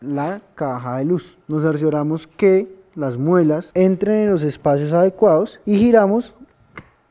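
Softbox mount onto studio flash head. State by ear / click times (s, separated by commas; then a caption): seated / 6.8 s. A softbox speedring is placed on an upturned studio flash head with its lugs aligned in the slots and rotated until it locks, while someone talks. A sharp, short click is heard at 6.8 s as the mount seats onto the flash head.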